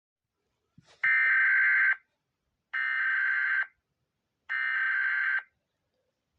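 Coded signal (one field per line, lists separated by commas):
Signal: Emergency Alert System (SAME) tones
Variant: header bursts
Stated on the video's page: Fictional Kirby-themed EAS scenario.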